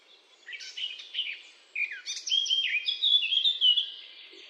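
Eurasian blackcap warbling song: scratchy, jumbled notes at first, then a louder run of clear, high whistled phrases.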